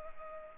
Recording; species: mosquito wingbeat signal from an infrared sensor; Culex pipiens